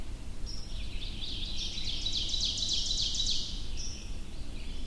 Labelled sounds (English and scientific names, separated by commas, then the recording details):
Ovenbird (Seiurus aurocapilla) song
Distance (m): 45 m
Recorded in boreal forest in Alberta, Canada, on 22 June 2016 at 05:43
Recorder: SongMeter 3, array SBT-6-76
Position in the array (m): 281 m, 108 m
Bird 1